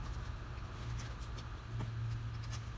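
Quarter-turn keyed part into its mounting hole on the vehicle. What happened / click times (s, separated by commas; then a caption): Handled, not yet home: quarter-turn fitting not locked / none. A keyed quarter-turn part is handled at its mounting hole on the truck, where it indexes in only one way, pushes straight in and then turns a quarter turn to lock. A steady low hum sits under faint, scattered handling rustles and light taps. Nothing has seated or clicked yet.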